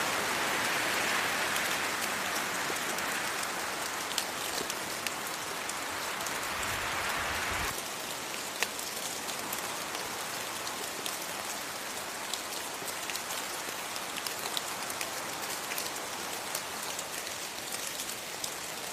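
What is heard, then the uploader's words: Steady rain falls throughout, a dense hiss of drops with many sharp individual taps scattered across the top. For the first eight seconds a softer, whooshing layer of gentle wind sits in the middle, then drops away abruptly, leaving the rain alone and slightly quieter. Calming Rain Sounds, Wind And Rain Drops. Relaxing sounds of the rain, rain drops and gentle wind.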